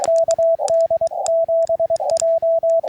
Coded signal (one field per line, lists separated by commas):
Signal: Morse code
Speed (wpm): 22 wpm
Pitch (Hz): 660 Hz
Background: radio noise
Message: KD7J